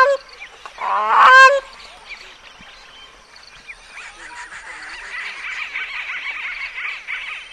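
Bird call: one loud harsh honk near the start, followed by quieter twittering and chirping from other birds in the background.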